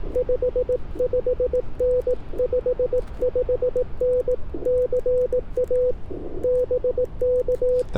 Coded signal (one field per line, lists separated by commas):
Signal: Morse code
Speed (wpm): 18 wpm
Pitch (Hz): 500 Hz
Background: none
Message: 55N 55N CA BK